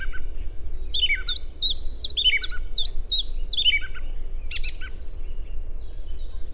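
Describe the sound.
Song thrush song: a clear downslurred whistled note repeated about nine times in quick succession, then a new rapid phrase. Faint low rumble in the background.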